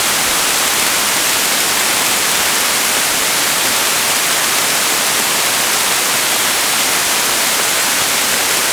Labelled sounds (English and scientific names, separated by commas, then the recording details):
none
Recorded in dense forest near Puerto Asís, Putumayo, Colombia, on 30 June 2025 at 15:30
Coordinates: 0.503, -76.323
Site G059